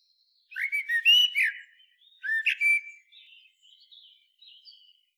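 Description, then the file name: Eurasian blackbird singing two rich whistled phrases, followed by faint, thin high twittering notes. "Turdus merula"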